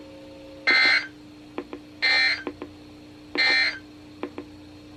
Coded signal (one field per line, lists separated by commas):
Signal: Emergency Alert System (SAME) tones